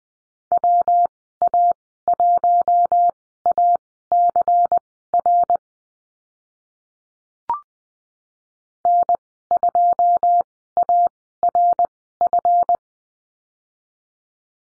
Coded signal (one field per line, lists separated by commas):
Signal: Morse code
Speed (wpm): 20 wpm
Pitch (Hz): 700 Hz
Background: none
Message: WA1ACR N2ARF